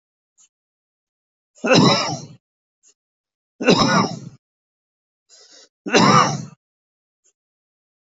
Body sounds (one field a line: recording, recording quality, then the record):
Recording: heavy voluntary cough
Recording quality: excellent, no background noise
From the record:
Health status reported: exposed to COVID-19, no respiratory illness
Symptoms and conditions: none ticked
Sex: male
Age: 45 years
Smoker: not ticked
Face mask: not worn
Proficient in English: yes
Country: India